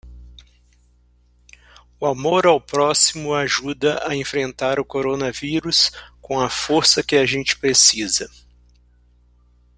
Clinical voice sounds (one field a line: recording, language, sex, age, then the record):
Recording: spoken sentence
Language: Brazilian Portuguese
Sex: male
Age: 50 to 59 years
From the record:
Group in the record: control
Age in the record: 55 years